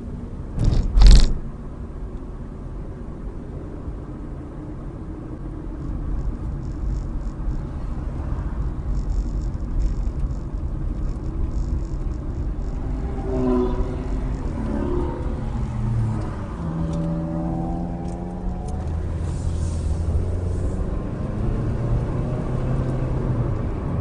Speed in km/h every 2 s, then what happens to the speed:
27, 31, 34, 32, 32, 32, 29, 16, 11, 19, 39, 55.
0-10 steady at about 32. 10-15 brakes to 11. 17-24 speeds up to 55.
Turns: 13-17.